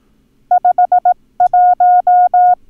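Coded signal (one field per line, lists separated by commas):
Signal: Morse code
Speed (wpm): 18 wpm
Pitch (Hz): 720 Hz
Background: none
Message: 51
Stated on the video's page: Morse code lesson drill teaching the numbers 1 and 8, part of a sequential additive course.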